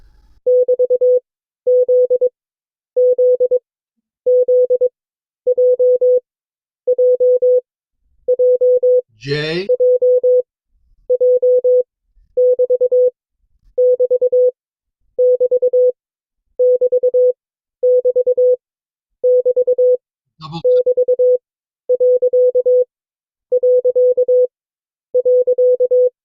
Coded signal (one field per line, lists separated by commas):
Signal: Morse code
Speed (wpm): 22 wpm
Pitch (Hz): 500 Hz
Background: none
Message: <BT>ZZZJJJJJ<BT><BT><BT><BT><BT><BT><BT>...